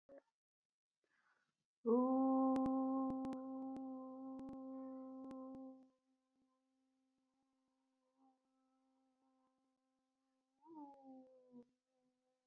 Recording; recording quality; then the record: sustained vowel as in boot; moderate, slight background noise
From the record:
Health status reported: exposed to COVID-19, no respiratory illness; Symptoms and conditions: cough, muscle pain, loss of smell and taste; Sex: female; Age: 27 years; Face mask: not worn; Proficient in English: yes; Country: India